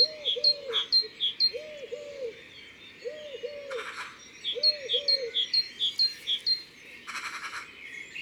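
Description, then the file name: Eurasian collared dove cooing in low, soft paired notes repeated in short phrases, while a small bird chips high above and brief rustling bursts interrupt. Recorded in the Drôme, France. "Tourterelle turque Concerts Naturels de la Drome Studio les Trois Becs"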